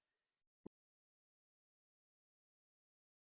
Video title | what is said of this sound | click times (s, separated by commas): How to Install a Fuzz Off Comb Refill | should give a little click but that's basically it | 0.7 s